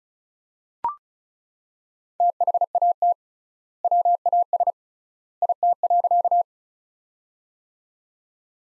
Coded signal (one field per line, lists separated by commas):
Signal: Morse code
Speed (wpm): 36 wpm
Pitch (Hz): 700 Hz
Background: none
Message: THAT WAS IT.